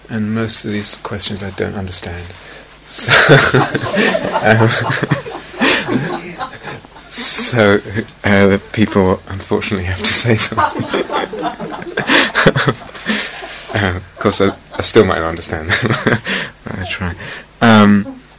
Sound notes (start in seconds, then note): 10.0 laughter; 15.6 laughs